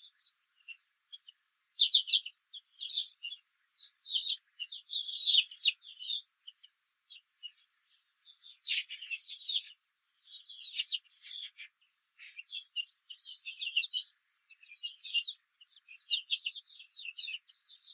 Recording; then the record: young laying hens in a cage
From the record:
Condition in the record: control cage, after the stress test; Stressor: none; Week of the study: 4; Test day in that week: 1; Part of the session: 2